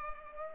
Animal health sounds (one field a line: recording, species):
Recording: mosquito wingbeat signal from an infrared sensor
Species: Culex pipiens